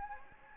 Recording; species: mosquito wingbeat signal from an infrared sensor; Anopheles gambiae